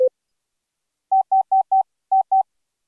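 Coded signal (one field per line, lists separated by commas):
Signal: none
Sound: synthesizer music notes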